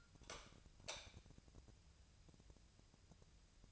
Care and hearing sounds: daily activity, microphone in the room; light on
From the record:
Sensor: 2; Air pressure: 999.8 hPa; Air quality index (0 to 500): 116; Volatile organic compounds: 2 ppm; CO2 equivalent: 1002 ppm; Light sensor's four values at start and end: 37/93/40/45 and 42/110/46/51

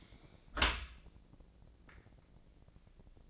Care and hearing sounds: daily activity, microphone in the room; close dishwasher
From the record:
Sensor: 5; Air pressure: 1012.4 hPa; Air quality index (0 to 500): 156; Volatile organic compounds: 2 ppm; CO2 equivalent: 1060 ppm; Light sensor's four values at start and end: 113/272/115/130 and 114/273/116/131

